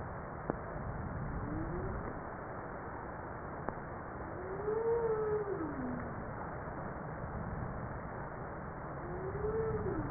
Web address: Humpback